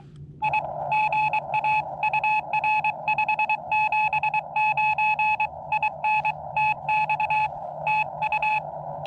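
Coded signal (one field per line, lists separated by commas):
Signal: Morse code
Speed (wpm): 23 wpm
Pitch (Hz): 860 Hz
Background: none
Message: I GA UR 579 IN TX TU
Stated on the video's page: Summits on the Air CW activation using a Xiegu X6100 transceiver.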